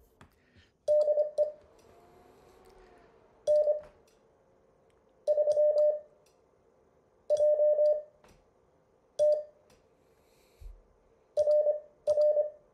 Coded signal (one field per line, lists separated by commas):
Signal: Morse code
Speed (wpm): 25 wpm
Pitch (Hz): 600 Hz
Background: none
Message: DE N3JT RR